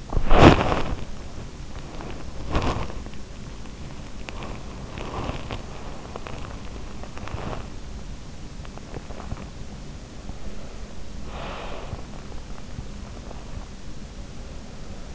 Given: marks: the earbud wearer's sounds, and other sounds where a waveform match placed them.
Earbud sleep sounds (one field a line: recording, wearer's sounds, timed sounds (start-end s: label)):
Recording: sounds in sleep by an in-ear microphone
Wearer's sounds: body movement, breath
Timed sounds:
0.04-1.09 s: body movement
1.99-3.17 s: body movement
4.19-7.72 s: body movement
8.93-9.55 s: body movement
11.22-12.23 s: breath